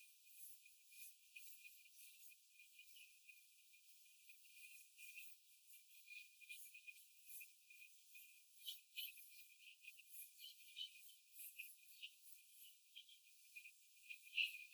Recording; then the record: young laying hens in a cage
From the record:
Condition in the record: before the stressor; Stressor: simulated dog barking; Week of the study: 4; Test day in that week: 1